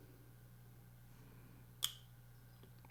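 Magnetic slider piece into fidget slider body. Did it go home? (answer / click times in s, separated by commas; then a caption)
yes / 1.8 s. A magnetic slider piece is drawn into the body of an Ant Design S Nano fidget slider during reassembly, the magnets pulling it into its seat on their own. Over a steady low hum, a single sharp snap lands at 1.8 s with a brief high ring. The piece is seated.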